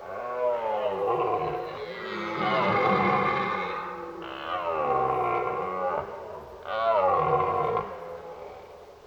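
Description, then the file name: Red deer roars: three drawn-out, rough, resonant bellows, the last shorter. During the rut, while driving the herd. "Burlen 04 drijven"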